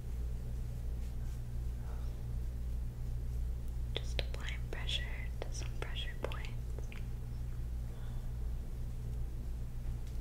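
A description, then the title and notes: A scalp and shoulder massage plays over a steady low hum that runs the whole time. From about four to seven seconds, a cluster of crisp scratching and rustling bursts stands out, like fingers working through hair, then it settles back to mostly the hum. ASMR Real Person Scalp & Shoulder Massage.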